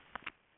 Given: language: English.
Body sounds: throat vibration sensor signal played as sound; swallow

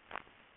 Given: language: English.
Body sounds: throat vibration sensor signal played as sound; swallow

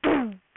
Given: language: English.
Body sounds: throat vibration sensor signal played as sound; throat clearing

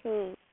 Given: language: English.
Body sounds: throat vibration sensor signal played as sound; speech

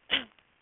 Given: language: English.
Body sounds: throat vibration sensor signal played as sound; cough

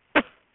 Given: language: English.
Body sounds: throat vibration sensor signal played as sound; cough

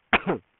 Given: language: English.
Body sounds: throat vibration sensor signal played as sound; cough

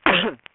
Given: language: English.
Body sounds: throat vibration sensor signal played as sound; cough

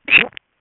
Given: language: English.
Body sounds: throat vibration sensor signal played as sound; swallow

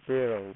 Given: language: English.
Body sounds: throat vibration sensor signal played as sound; speech

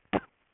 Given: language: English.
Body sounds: throat vibration sensor signal played as sound; cough

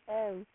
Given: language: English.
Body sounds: throat vibration sensor signal played as sound; speech

